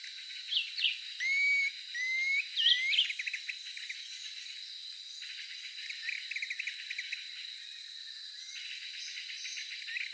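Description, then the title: Planalto tyrannulet whistling three upslurred notes early on, among sharp chips and chatter, then a long stretch of pulsing background trill. "LuckyPassaro Completos2Sama. Planalto Tyrannulet (Phyllomyias fasciatus)"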